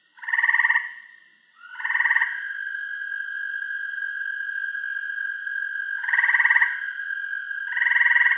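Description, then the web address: Frog calls as loud, buzzy croaks in four short bursts, alongside a long steady tonal note with overtones running through the middle. "log frogs"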